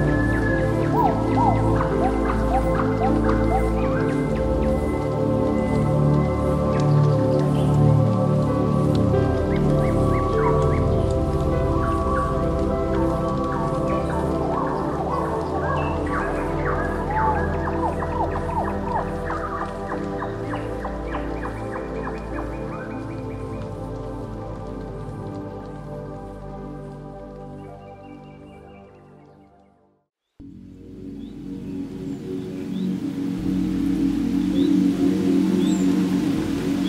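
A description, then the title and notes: Ambient music with rainforest sounds: sustained, layered tones with a low, slowly shifting drone and scattered soft pattering and chirp-like dots above. The texture fades out toward thirty seconds, drops to near silence, then returns at full level with a brighter hiss. Ambient Music Rainforest Sounds Birds.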